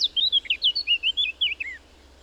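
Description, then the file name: Eurasian blackcap song: a short burst of loud, mellow, fluting whistles, quickly rising and falling, ending in a downslurred note. "Sylvia atricapilla"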